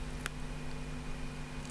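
Two ends of beading thread are pulled firmly apart so the joining knot between the old and new thread snaps tight. A single short, sharp click sounds at 0.3 s over a steady low hum. The knot is seated.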